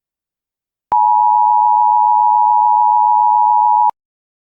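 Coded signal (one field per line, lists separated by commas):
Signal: Emergency Alert System (SAME) tones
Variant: 853 and 960 Hz attention tone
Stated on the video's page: Fictional EAS alert tones in an animated analog-horror scenario, not a real broadcast.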